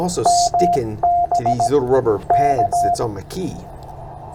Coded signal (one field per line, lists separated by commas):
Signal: Morse code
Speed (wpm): 17 wpm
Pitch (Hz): 700 Hz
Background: speech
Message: MB K